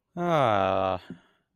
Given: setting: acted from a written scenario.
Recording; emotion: vocal sound without words; serenity